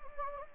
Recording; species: mosquito wingbeat signal from an infrared sensor; Anopheles gambiae